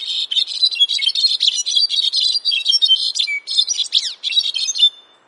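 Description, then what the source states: Brown-backed Solitaire song, a fast cascade of bright, ringing, flute-like notes in short phrases, with a low sustained whistle and quick descending slurs late in the phrase. Second of two songs compared, differing in structure and duration; birds learn to sing differently depending on where they grow up, like regional dialects; sung year-round in high-altitude forests from Mexico to Central America.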